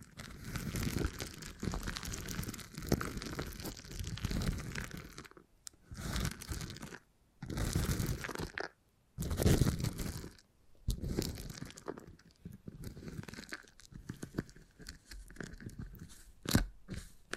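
Sticky crinkling and crunching sounds from beeswax being handled, with dense crackly bursts. A near-continuous stretch fills the first five seconds, followed by separate bursts of a second or two divided by brief silences. Later the sounds thin into lighter scattered crackles, with one sharp snap near sixteen seconds.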